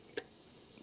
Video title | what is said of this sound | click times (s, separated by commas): Yashica Mat 124G Mirror Cleaning | throw it in there there we go fit right in snaps right in | 0.2 s